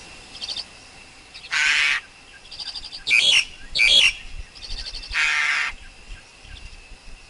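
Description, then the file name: Black-collared Starling mixing grating screeches with buzzy, rattling notes in an irregular sequence over soft background hiss. Wild forest bird's song, used for teaching young birds to sing. "Tieng chim ca cuong rung tap chim con hot"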